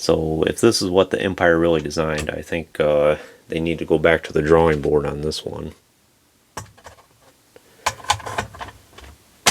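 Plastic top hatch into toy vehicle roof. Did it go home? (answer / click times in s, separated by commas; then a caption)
yes / 9.5 s. Someone talks for about the first six seconds, then after a quiet pause there are small handling clicks from about 6.6 s as a plastic top hatch is pressed onto the roof of a Star Wars The Vintage Collection Imperial Troop Transport toy. A loud, sharp snap at 9.5 s marks the hatch popping into place, where it stays on well and is not loose.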